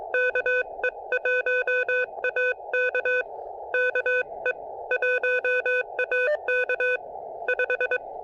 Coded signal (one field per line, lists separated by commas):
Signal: Morse code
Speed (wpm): 22 wpm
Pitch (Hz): 500 Hz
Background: none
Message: KE1AK KE1AK 5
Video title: POTA with 500 milliwatts CW and 10 watts SSB using the Elecraft KX2 and PackTenna Random Wire!